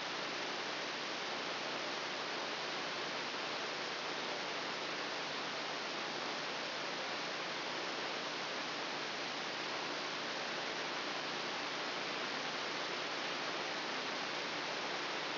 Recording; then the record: brain microelectrode recording played as sound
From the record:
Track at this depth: inside the subthalamic nucleus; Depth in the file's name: 2.909 mm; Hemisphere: left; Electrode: 2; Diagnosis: Parkinson's disease